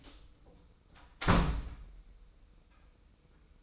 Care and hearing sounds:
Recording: daily activity, microphone in the room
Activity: close door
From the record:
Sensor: 1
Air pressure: 990.4 hPa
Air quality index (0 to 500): 153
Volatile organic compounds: 1000 ppm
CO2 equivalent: 5536 ppm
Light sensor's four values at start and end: 33/74/32/35 and 33/75/33/35

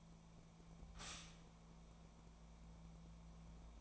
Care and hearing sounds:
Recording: daily activity, microphone in the room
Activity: stop toaster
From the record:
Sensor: 1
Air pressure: 1000.2 hPa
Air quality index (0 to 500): 153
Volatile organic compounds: 3 ppm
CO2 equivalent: 1436 ppm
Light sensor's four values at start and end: 30/76/32/38 and 30/76/32/38

